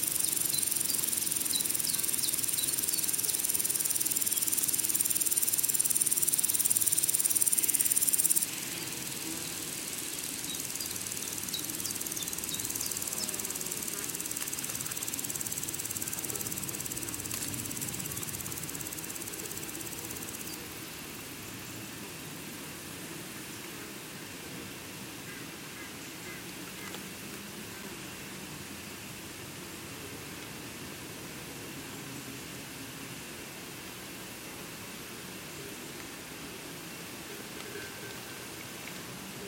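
A forest soundscape filled with a dense, steady insect chorus, very bright and shrill for the first eight seconds, then dropping away in steps around 8 and 20 seconds to a softer, even hiss. A low, faint rumble runs underneath throughout.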